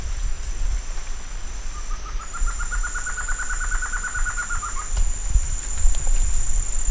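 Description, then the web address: Bird call: one fast, even trill of clipped notes lasting about three seconds, gently rising in pitch, with a constant high-pitched insect drone behind. "BIRD 2015 SABIOD 50 bird 2015"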